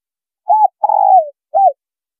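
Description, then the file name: Spotted dove gives a single short coo phrase: one brief note, a long falling coo, and a short closing note. Female bird. "Tieng cu gay mai"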